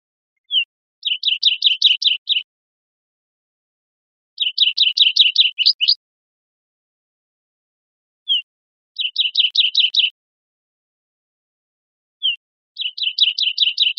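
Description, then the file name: Olive warbler calling: usually a short single note, then a quick run of several clear, chipping notes, repeated roughly every four seconds, four times, with silence between. Costa Rica, 3 December 2004. "CR OLWA 041203"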